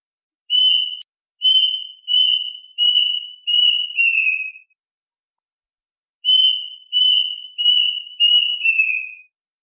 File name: tieng chim goi vit keu trong tu nhien